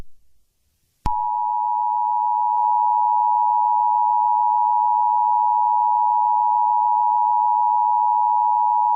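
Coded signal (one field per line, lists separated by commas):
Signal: Emergency Alert System (SAME) tones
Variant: 853 and 960 Hz attention tone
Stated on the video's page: Fake, hypothetical EAS scenario of a tornado outbreak with a tornado hitting a beach.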